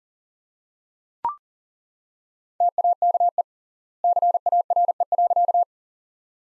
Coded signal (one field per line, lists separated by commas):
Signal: Morse code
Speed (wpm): 40 wpm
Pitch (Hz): 700 Hz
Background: none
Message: TAKE CARE.